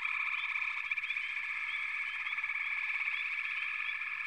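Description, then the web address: Frog chorus, steady layered trilling from many frogs with small upward chirps repeating over the drone. "Echoes of Nature - Frog Chorus"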